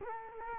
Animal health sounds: mosquito wingbeat signal from an infrared sensor; Culex quinquefasciatus

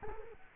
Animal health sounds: mosquito wingbeat signal from an infrared sensor; Culex quinquefasciatus

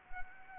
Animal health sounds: mosquito wingbeat signal from an infrared sensor; Anopheles arabiensis

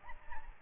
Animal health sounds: mosquito wingbeat signal from an infrared sensor; Aedes albopictus

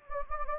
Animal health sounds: mosquito wingbeat signal from an infrared sensor; Anopheles gambiae

